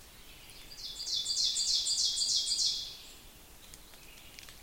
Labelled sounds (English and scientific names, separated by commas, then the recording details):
Ovenbird (Seiurus aurocapilla) song
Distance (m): 20 m
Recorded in boreal forest in Alberta, Canada, on 5 June 2016 at 06:22
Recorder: SongMeter 3, array SBT-3-51
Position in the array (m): 214 m, 19 m
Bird 27